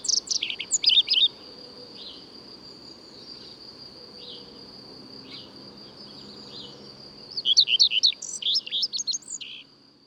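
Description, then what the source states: Common redstart singing two bursts of rapid, high, jangling notes, one at the start and one near the end, with a few soft isolated notes in the quiet between them. Common redstart (Phoenicurus phoenicurus); returns to the region in April, often sings from a conspicuous high perch on a tree or roof; breeds in forest.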